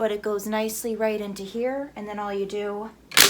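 Someone talks while handling the top frame of a Mighty Hoop magnetic embroidery hoop, warning label up, bringing it toward the bottom frame held in the Mighty Hoop Station adjustable fixture. A brief loud, sharp noise comes at about 3.2 s, right at the end of the clip. The magnetic top frame has not yet snapped onto the bottom frame, and nothing has seated.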